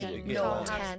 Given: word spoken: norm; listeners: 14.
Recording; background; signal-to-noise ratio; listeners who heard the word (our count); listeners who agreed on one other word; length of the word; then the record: one English word in noise, from a listening test; four-talker babble; -0.9 dB; 0 of 14; 6 of 14; 0.59 s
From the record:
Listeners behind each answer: 6, 2, 1, 1, 1, 1, 1, 1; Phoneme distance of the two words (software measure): 28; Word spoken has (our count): 1 syllable, 3 phonemes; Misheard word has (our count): 1 syllable, 3 phonemes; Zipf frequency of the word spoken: 3.52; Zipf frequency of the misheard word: 5.39